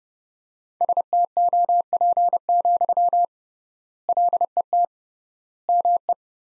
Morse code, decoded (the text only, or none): STOP, LET ME